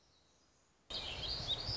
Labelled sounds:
Black-throated Gray Warbler (Setophaga nigrescens)
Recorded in Sonoma County, California

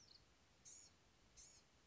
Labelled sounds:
Blue-gray Gnatcatcher (Polioptila caerulea)
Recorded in Sonoma County, California

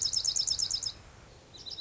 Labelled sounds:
Dark-eyed Junco (Junco hyemalis)
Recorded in Sonoma County, California

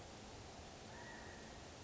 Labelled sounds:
California Quail (Callipepla californica)
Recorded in Sonoma County, California

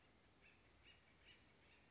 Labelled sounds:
Acorn Woodpecker (Melanerpes formicivorus)
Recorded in Sonoma County, California

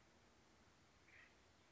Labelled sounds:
Acorn Woodpecker (Melanerpes formicivorus)
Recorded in Sonoma County, California

